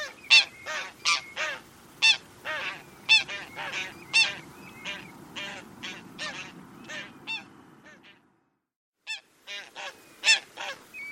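Bird calls: a rapid run of loud, nasal honks over a low rumble, a brief silent gap near eight seconds, then the honking resumes.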